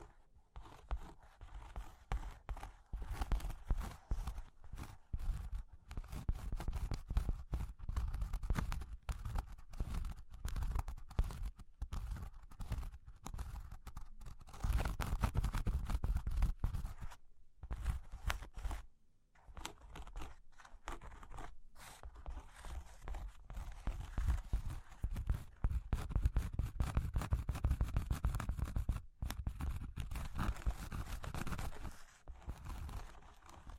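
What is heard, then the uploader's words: Cork and wood tapped, scratched and traced in dense, irregular bursts of dry clicks and rubbing, with brief silent pauses throughout. ASMR Sleepy Cork and Wood Tapping, Scratching, Tracing (No Talking).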